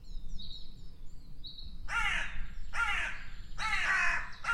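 Bird calls: a few short high whistled notes, then a run of four coarse, hoarse caws in quick succession over a low rumble.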